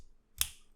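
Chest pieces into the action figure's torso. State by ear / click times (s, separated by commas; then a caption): seated / 0.4 s. Plastic chest pieces of a toy action figure are brought in and tapped into the figure's torso, giving one sharp, bright click at 0.4 s against near silence. The pieces seat in place.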